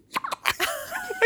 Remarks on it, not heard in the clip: Her little hiccups. Babies are just always making these little funny like gurgles. She gets these hiccups and you can see she's like a little bit frustrated.